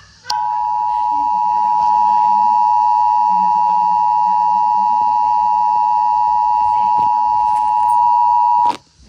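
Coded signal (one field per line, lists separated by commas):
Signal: Emergency Alert System (SAME) tones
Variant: 853 and 960 Hz attention tone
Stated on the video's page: Simulated EAS scenario.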